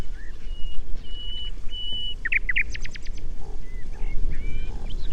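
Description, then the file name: Common nightingale singing: long pure whistles, then harsh chattering notes and a quick burst of sharp clicks, ending in short rising chirps over steady background noise. "Luscinia megarhynchos"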